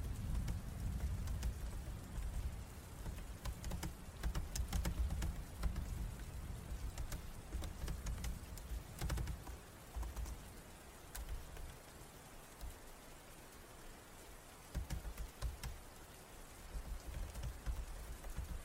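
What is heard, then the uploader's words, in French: Rain falls steadily as a dense, even hiss, with sharp drips and taps scattered through it. A low rumble swells in the first ten seconds and again near fifteen seconds, then thins out, leaving the patter quieter and more even. STUDY WITH ME en ASMR (fond pluie et triggers). Fond pluie et bruits ASMR.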